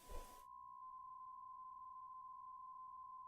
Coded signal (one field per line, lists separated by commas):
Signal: PSK63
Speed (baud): 62.5 baud